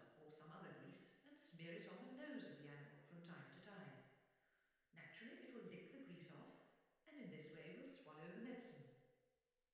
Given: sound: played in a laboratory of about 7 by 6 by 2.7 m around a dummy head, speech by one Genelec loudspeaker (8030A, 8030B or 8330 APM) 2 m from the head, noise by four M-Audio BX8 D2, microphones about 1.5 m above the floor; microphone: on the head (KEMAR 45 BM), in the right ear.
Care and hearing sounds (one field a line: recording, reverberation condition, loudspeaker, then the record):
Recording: female speech in English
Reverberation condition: high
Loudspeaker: behind (180 degrees)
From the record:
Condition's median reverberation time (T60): about 1300 ms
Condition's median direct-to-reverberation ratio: about -4.0 dB